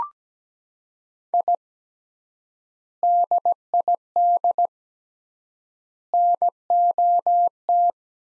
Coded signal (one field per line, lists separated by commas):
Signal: Morse code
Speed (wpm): 17 wpm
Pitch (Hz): 700 Hz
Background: none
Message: I DID NOT